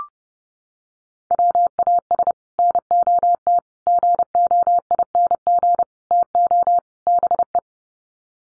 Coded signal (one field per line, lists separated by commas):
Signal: Morse code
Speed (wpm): 30 wpm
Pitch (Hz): 700 Hz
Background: none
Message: WAS NOT GOING TO BE